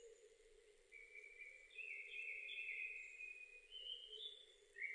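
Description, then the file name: Japanese thrush singing soft whistled phrases, the last one higher, against a steady faint high hiss and a low background drone. 7 May 2005. "050507 kurotugumi"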